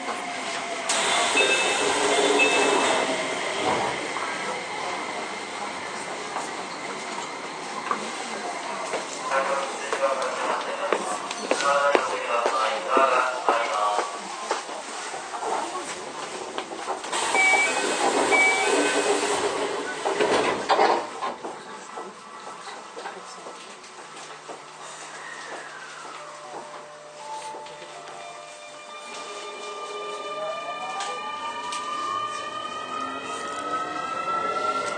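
Inside a Keio 9000 series commuter train running between stations, with a steady rumble and rattle throughout. A loud burst of rushing noise hits near the start and again around 17–20 seconds, then things quiet down as rising and falling motor whines come in toward the end.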